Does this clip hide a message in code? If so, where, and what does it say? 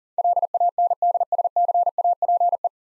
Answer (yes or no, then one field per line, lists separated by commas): yes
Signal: Morse code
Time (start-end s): 0.2-2.7 s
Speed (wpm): 40 wpm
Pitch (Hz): 700 Hz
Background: none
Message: LANDSCAPE